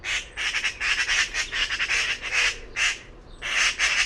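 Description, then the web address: Bird gives scratchy, squawking calls in quick succession, dense pulsed bursts following each other with brief gaps. "cianscape birddata Deverinetal 2025"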